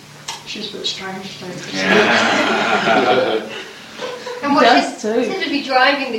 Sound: laughter